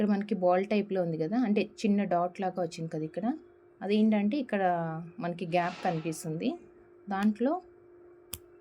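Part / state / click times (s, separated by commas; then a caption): bracelet clasp tongue into clasp box / seated / 8.3 s. A small ball-type tongue on a stainless steel bracelet clasp is pushed into the gap in the clasp's box end while someone talks. A single sharp click sounds at 8.3 s as the clasp clicks shut and locks into place.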